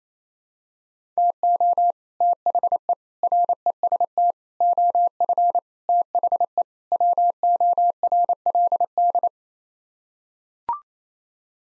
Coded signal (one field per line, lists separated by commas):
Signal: Morse code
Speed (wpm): 27 wpm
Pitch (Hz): 700 Hz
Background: none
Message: TO THE REST OF THE WORLD